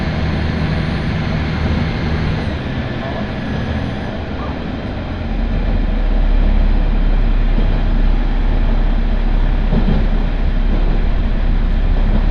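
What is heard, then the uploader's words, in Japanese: A Tarumi Railway train runs with a dense, steady rumble that deepens and grows louder after about five seconds, faint voices underneath. 樽見鉄道 モレラ岐阜→樽見。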